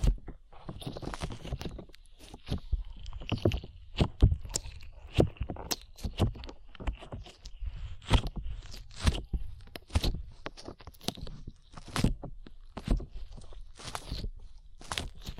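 Slime being squished and pressed, making sticky, wet squelches and pops that come several times a second, unevenly, with brief quiet gaps throughout.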